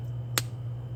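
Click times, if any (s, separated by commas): 0.4 s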